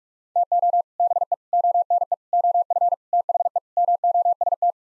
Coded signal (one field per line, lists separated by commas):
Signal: Morse code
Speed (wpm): 46 wpm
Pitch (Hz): 700 Hz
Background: none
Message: TO BE ONE OF THE MOST